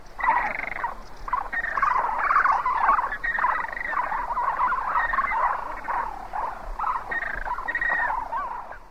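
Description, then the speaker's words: James's Flamingo flock calling, a dense continuous chorus of nasal honking and grunting notes overlapping throughout, mid-pitched and busy with no clear pauses. Recorded in Bolivia; also called the Puna flamingo. "Next, we have some James's flamingos recorded in Bolivia."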